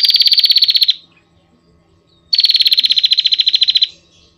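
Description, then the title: Prinia singing two fast, harsh rattling trills, the second longer at about one and a half seconds, separated by a short silence. Vigorously singing bird; recording intended as a tutor song for training caged songbirds. "Prenjak Lancur Gacor Untuk Masteran"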